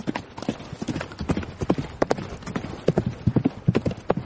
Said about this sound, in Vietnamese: Ba người phóng ngựa như bay ở trên đường quan, thẳng hướng nam mà đi.